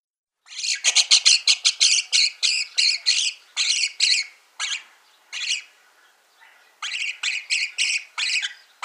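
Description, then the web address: Rosy starling harsh, grating calls in quick bursts of several notes, with brief pauses between runs, a sparser series in the middle, and a final quick run at the end. "Schulze Peter Rosecoloured Starling calls"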